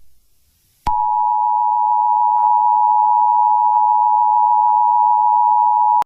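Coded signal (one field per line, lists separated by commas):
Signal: Emergency Alert System (SAME) tones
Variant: 853 and 960 Hz attention tone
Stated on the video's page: Fictional EAS scenario made for horror videos.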